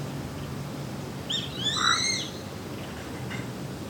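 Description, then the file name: Grey-faced buzzard gives a single whistled call, rising and falling in an arch, with a short lower note beneath it and faint hiss behind. "sashiba"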